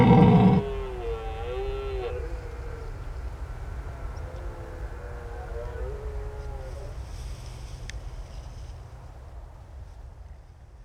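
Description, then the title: Red deer bellow: a loud burst at the start, then a wavering harmonic moan and a fainter drawn-out roar, over continuous low mechanical rumble. Daytime rutting bellows at Marais de Lavours marsh, Béon, France; stags rut early here, rarely waiting for night; near roads and a large rail yard; Lom Usi Pro, Zoom F8. "Marais de Lavours -Béon, France - Brame diurne"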